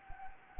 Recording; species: mosquito wingbeat signal from an infrared sensor; Anopheles gambiae